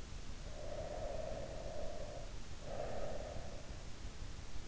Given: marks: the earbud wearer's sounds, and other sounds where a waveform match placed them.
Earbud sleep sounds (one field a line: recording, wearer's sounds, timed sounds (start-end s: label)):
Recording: sounds in sleep by an in-ear microphone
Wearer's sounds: breath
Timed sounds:
0.38-3.77 s: breath